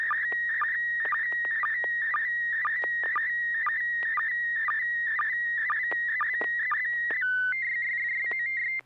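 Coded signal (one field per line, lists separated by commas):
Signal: SSTV (slow-scan television)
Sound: warbling high tone with steady rhythmic low chirps, shifting to steady tones near end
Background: low hum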